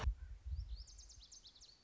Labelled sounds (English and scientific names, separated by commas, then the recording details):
Lazuli Bunting (Passerina amoena)
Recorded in Sonoma County, California